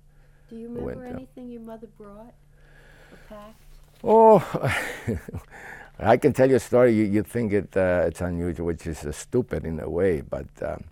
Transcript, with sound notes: Do you remember anything your mother brought back?
Oh, (laughs) I can tell you a story, you think it's unusual, which it's stupid in a way